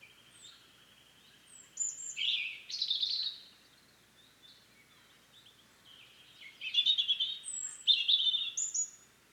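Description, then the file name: European robin: a soft thin note, then two liquid warbling phrases with high whistled and trilled notes, separated by a pause. "Erithacus rubecula"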